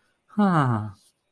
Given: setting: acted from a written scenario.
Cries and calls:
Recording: vocal sound without words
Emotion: romantic love

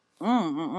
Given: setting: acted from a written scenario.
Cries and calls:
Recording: vocal sound without words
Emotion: contempt

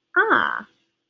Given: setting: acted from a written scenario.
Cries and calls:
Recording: vocal sound without words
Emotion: interest

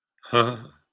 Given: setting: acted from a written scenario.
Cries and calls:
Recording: vocal sound without words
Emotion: fear

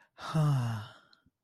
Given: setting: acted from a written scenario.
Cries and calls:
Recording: vocal sound without words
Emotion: romantic love

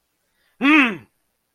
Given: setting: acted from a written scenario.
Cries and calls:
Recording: vocal sound without words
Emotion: anger

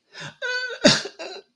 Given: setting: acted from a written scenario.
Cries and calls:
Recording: vocal sound without words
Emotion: guilt

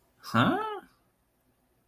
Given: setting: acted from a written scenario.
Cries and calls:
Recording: vocal sound without words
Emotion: confusion

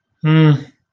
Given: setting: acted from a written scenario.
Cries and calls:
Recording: vocal sound without words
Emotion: neutral

